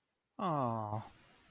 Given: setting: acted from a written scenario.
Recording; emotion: vocal sound without words; adoration